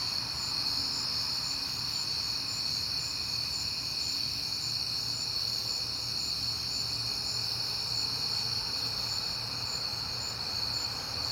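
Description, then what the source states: Cricket chorus, a constant high ringing trill with layered tones and slight beating pulses, over a quiet low hum. Crickets heard often in September; recorded at night on a peaceful night.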